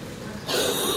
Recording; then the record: coughing mixed with background sound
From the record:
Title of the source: 30 Chesty and wet cough